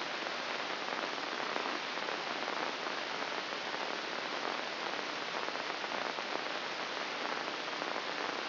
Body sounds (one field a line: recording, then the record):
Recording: brain microelectrode recording played as sound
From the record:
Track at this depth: inside the subthalamic nucleus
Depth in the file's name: 1.407 mm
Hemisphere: right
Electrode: 2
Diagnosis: Parkinson's disease